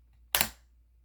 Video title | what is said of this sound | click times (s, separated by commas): PROPER WAY TO RESEAT & INSPECT THE RAM IN A DELL OPTIPLEX 7050 | Did you hear that click? | 0.3 s